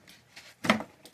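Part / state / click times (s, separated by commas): wooden swing latch on toy chest lid / released / 0.7 s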